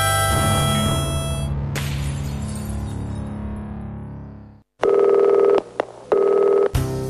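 A loud crashing, shattering burst rings out and slowly fades, followed by steady electronic telephone dialing tones: two long beeps with a short blip between them.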